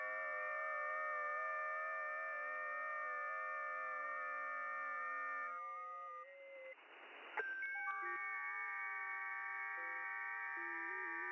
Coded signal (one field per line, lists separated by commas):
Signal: FT8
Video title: RDX3CW - SWL on 10.136 MHz FT8 [2 HOURS]